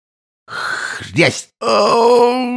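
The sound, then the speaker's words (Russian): A man groans in pain, holding back a cry, two strained vocal bursts with a short gap between them: a rough, rising-then-falling cry followed by a longer, sustained, hoarse moan. “Сдерживая болезненный крик, простонал или скорее прохрипел он.”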